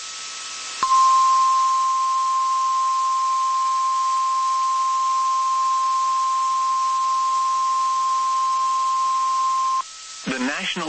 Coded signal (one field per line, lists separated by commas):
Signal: Emergency Alert System (SAME) tones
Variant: 1050 Hz attention tone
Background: speech